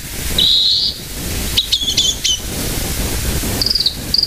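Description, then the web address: Varied tit calls: a short high trilled phrase near the start, a cluster of sharp stacked notes in the middle, and thin high phrases at the end. "sikioto. yamagarazinaki"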